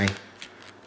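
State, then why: Seated. A .22 rimfire magazine is pushed into a rifle's magwell while someone talks. A short click at 0.4 s marks it locking in, this time unlike at the range, followed by faint handling noise.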